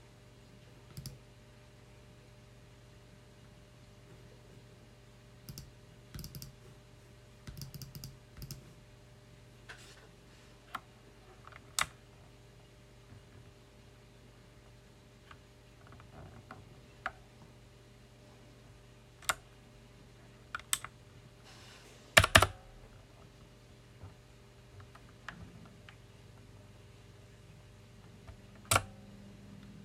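A loud mechanical keyboard clicks in irregular bursts of sharp keystrokes, with a steady low hum underneath and a heavier clack around 22 seconds.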